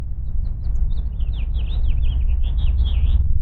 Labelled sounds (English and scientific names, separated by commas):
House Finch (Haemorhous mexicanus) song